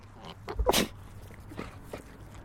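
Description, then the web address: Alpaca snort, one forceful breathy burst of air with a few softer puffs and snuffles before and after. Female alpaca, snort. "Sound Effects-Foundation 1 ANIMAL ALPACA FEMALE SNORT"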